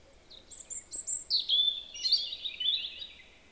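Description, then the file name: European robin song: thin high whistles, then a fluid warble and a trailing jumble of thin, sparkling notes. "Erithacus rubecula"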